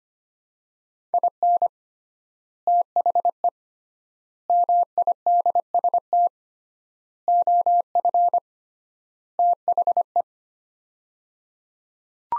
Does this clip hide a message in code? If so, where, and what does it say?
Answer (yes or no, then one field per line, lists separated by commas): yes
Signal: Morse code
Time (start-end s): 1.1-10.2 s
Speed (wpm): 25 wpm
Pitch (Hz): 700 Hz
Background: none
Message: IN THE MIDST OF THE